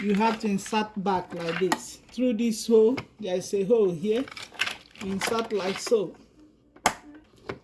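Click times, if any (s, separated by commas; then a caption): 6.9 s. A bobbin is inserted into the bobbin holder of a Singer Prelude sewing machine after threading, while someone talks. A sharp click at 6.9 s shows the bobbin has snapped into its holder and is seated properly, followed by a few faint taps.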